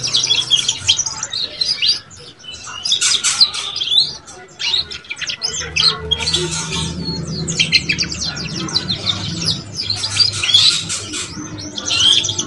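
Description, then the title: Belgian canary song in bursts of rapid high chirps and rolling trills, separated by brief quieter gaps, over a soft low hum. Song to warm up young Belgian canaries and stimulate them to start singing and chirping quickly. "Canto Para Esquentar Canário Belga. SUARA KENARI PAUD CUIT CUIT BELAJAR BUNYI - pancingan kenari paud muda agar cepat bunyi dan ngeriwik"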